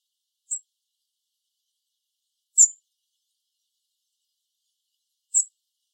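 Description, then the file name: European robin giving thin, very high, brief call notes, three spaced seconds apart with silence between. "Erithacus rubecula"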